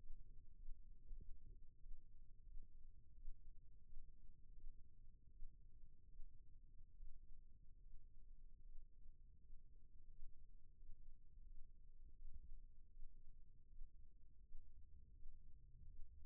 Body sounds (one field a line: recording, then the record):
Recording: forearm muscle sounds (acoustic myography)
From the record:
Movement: rest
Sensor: system 1, eight BSWA MPA416 microphones around the upper forearm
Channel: 6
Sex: male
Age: 20 years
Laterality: left